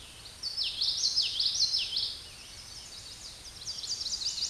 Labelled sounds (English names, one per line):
Common Yellowthroat song